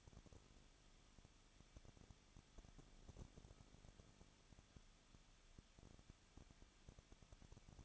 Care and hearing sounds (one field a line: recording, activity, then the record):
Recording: daily activity, microphone in the room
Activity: no activity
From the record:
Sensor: 4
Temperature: 23.0 degrees Celsius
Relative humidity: 34.0%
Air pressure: 1007.3 hPa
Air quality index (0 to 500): 215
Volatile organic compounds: 15 ppm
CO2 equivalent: 2480 ppm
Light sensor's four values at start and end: 2/3/1/1 and 2/3/1/1